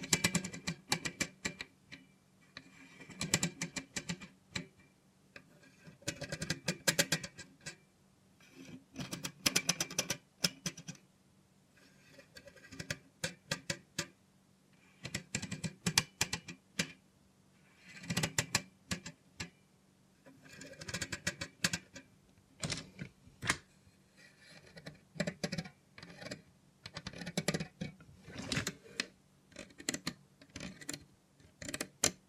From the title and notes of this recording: Try ASMR with a Robot Hand (No Talking).